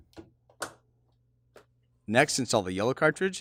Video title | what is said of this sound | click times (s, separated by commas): How to Unboxing, Setting Up, and Installing HP OfficeJet Pro 6978 Printer | Push down until you feel it snap into place. | 0.6 s